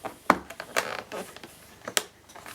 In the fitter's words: to the shampoo solution Outlet Port there until it clicks